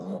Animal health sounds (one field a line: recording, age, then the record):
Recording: pig call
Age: piglet (1 to 25 days)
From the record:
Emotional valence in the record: negative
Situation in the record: short isolation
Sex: male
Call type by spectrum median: low-frequency call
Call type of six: low-frequency stable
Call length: 0.20 s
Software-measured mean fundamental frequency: 64 Hz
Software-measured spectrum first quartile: 196 Hz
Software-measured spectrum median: 325 Hz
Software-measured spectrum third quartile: 559 Hz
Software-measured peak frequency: 191 Hz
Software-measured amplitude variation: 95 dB a second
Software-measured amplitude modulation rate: 14.8 a second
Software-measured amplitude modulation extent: 6.4 dB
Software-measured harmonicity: 4.2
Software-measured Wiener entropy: -0.28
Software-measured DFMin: 1501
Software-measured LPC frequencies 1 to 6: 528, 3802, 5013, 6373, 7681, 9796 Hz